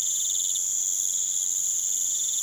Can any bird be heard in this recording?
no